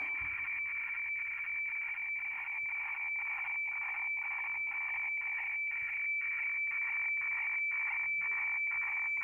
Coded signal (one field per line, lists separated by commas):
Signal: weather fax (radiofax)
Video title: Airspy hf+ discovery remote control on hf fax